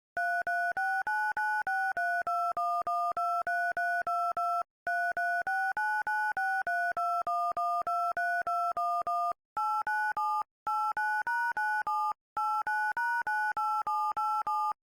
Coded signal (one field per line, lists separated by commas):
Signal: DTMF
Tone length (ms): 280 ms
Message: 369632112323696321232189789#9789#98787